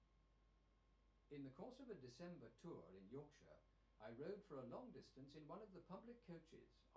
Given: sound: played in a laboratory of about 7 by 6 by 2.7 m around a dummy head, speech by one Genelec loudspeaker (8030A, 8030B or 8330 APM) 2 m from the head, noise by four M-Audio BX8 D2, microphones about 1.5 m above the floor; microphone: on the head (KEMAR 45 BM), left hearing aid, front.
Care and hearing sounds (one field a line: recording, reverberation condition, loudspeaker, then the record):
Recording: male speech in English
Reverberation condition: low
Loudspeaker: 60 degrees to the right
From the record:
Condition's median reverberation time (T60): about 310 ms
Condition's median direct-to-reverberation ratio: about 3.5 dB